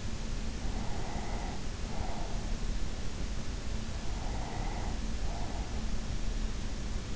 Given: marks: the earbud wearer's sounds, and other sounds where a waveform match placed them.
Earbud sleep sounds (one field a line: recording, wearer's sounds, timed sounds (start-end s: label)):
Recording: sounds in sleep by an in-ear microphone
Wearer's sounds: breath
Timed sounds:
0.48-2.74 s: breath
4.02-6.28 s: breath